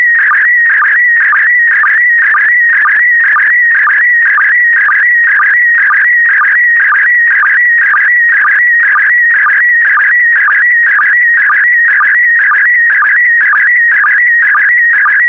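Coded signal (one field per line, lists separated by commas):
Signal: SSTV (slow-scan television)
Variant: PD120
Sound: warbling tone shifting in pitch, with regular low sync chirps about every quarter second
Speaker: complete you can now check your decoded image against the picture that is shown on the video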